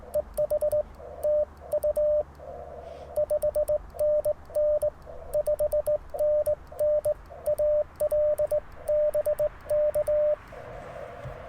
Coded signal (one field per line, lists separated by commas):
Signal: Morse code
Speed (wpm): 20 wpm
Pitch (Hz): 600 Hz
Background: radio noise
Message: EH TU 5NN 5NN AL BK